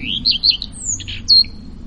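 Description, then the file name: Common redstart song fragment: a short high phrase of thin whistles and twittered notes, with faint low rumble behind. Around 27 May 2016. "Rougequeue a front blanc Vers 27-05-2016"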